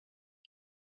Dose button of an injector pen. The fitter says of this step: 뭔가 중간부터 묵직하다 그러면 그때부터 약이 들어가기 때문에 언제까지 누르시냐? 딸깍.